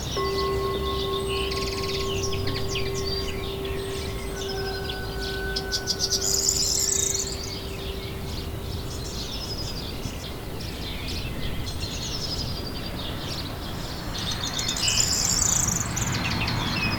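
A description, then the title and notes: Nature sounds with piano: a few long, held notes ring through the first ten seconds over a steady hiss of outdoor noise. Birds chirp and twitter throughout, with busier bursts of calls around six to seven seconds and again near fifteen. Relaxing Nature Sounds with Piano.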